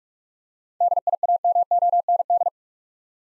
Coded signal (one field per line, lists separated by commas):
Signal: Morse code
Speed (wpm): 46 wpm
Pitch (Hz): 700 Hz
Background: none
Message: DIAMOND